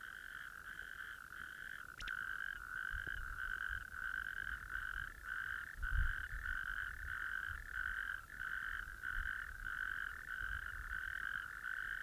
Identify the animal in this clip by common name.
Natterjack Toad